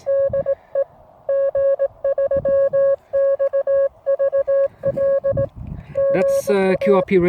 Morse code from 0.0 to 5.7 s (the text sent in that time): DE G3XVL